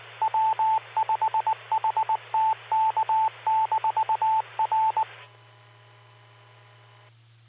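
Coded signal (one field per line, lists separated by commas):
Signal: Morse code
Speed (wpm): 19 wpm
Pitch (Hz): 880 Hz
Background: radio noise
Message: W5HTK-R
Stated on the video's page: Two-meter repeater net on 147.39+ with 114.8 PL, received on a Flex 6700 with preamp and Mosley 5/8 base antenna, live streamed.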